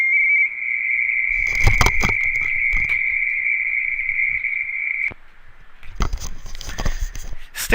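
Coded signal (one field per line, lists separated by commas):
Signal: RTTY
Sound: warbling two-tone teletype burbling near 2 kHz, then clicks and faint tone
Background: clicks and static bursts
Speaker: What you were just watching was a series of exchanges where this particular station W7LD W7 Lima Delta is running a frequency on a radio teletype contest.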